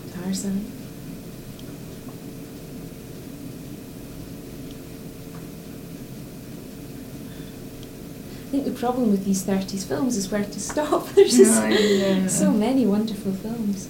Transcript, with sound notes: Tarzan. I think the problem with these thirties films is where to stop! [laughs] There's just so many wonderful films.